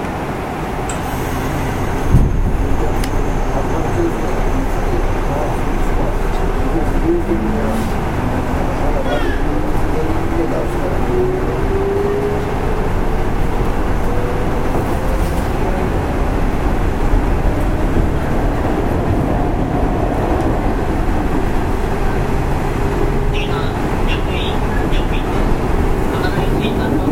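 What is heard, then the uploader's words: A commuter train runs steadily, a dense low rumble and roar heard from inside that stays even throughout. A faint rising whine drifts upward around the middle, and a brief knock sounds near two seconds, with light rattles toward the end. 西鉄5000系 普通 二日市から薬院まで. 西日本鉄道 5000系電車の走行音です。 大牟田線の普通列車で録音しました。 It is running noise of Nishitetsu railway 5000 series train. I recorded on a local train at Omuta Line.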